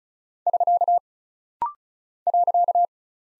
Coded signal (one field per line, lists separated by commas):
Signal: Morse code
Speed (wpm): 36 wpm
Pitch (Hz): 700 Hz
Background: none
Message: <SK> .